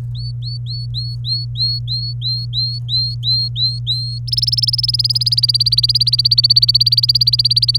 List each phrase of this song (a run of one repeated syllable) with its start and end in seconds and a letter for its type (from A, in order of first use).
0.15-4.19 A, 4.27-7.77 B